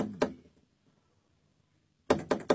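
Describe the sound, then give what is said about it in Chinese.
Knocking on the door of a chamber where the emperor has shut himself in: one sharp rap, a long quiet pause, then three quick, loud knocks in a row, with no voices. “方大人，昨晚天鹅宴一散，皇上就把自己关在禁室中，已经一夜了，就这么不停地背诵，我叫门也叫不开。”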